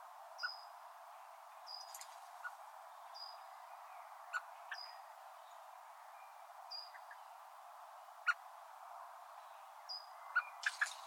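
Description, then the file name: Common blackbird calls: thin, high, slightly falling notes repeated every second or two, with scattered sharp clicks over faint background hiss. "Turdus merula"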